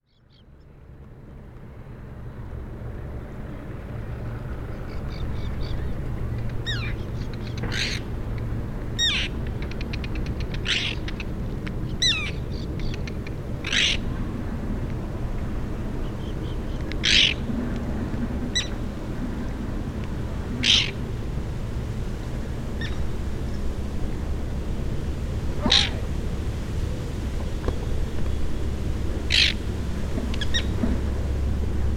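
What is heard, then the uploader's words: A Common Tern jeers and dive-bombs over the water, giving sharp, harsh calls every second or two from about six seconds on. A steady low rumble of water and wind runs underneath throughout. A Great Black-backed Gull was floating in the water -- minding it's own business, so to speak -- when a Common Tern flew over and began to sort of dive-bomb and jeer. Recorded in West Boothbay Harbor (Harborfields) with a Fostex FR-2, Sennheiser ME62, and Telinga Parabola at 11:30 am.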